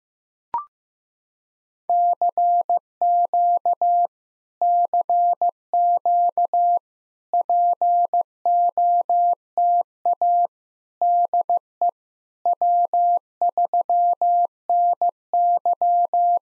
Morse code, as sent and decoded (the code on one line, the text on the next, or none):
-.-. --.- / -.-. --.- / .--. --- - .- / -.. . / .-- ...-- -. -.--
CQ CQ POTA DE W3NY